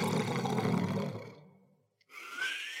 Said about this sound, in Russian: Яга зевнула во весь огромный рот и ушла в избу. Вскоре по лесу разнесся ее могучий храп.